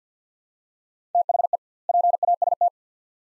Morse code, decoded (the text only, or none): THE PAST